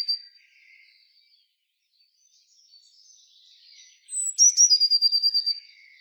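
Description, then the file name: Eurasian blue tit calling: faint scattered thin notes, then a sharp high note leading into a quick run of about ten buzzy, evenly spaced notes near the end. "Cyanistes caeruleus"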